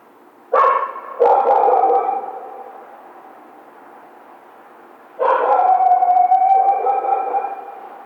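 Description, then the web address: Coyote bark-howls: two harsh barks sliding into a howl, a pause, then another bark drawing out into a wavering tone. Howl, recorded 16 March 2010. "sounds mammals Coyote 2010 03 16 11 howl"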